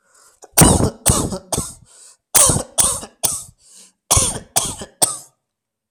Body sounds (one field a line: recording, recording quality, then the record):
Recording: heavy voluntary cough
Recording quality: excellent, no background noise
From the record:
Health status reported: healthy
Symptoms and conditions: none ticked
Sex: male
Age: 25 years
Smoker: not ticked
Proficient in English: yes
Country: India